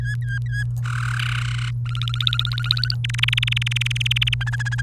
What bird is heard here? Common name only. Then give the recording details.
Domestic Canary. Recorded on 30 April 2018 at 05:55. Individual llb3